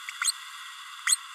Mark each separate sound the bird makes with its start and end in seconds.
0.21-0.33, 1.07-1.19